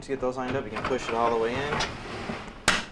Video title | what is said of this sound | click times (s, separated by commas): Maytag Refrigerator Repair - Not Cooling - Control Board | it'll lock in place where we had the two tabs at on each side | 2.7 s